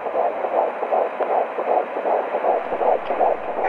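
Rapid, regular whooshing pulses at about 155 beats a minute, muffled and swishing. This is a normal fetal heartbeat, heard in the uterus before birth; a baby's heart rate is faster in the uterus and slows down after the baby is born.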